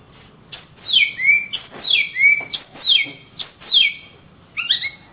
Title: Kicau Kacer Juara Master Kalimantan Sumatra Gacor